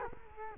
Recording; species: mosquito wingbeat signal from an infrared sensor; Culex quinquefasciatus